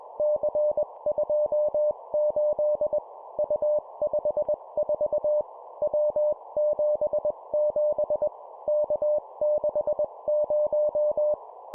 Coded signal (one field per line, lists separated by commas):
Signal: Morse code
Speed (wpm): 21 wpm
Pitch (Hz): 600 Hz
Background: none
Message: C28 U54 W77 K60